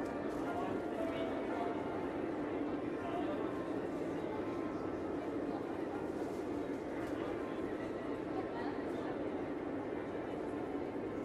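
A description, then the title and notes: A Christmas market crowd in Vienna, a steady dense murmur of many overlapping voices with a constant low rumble underneath and no pauses. Vienna Christmas Market Soundscape.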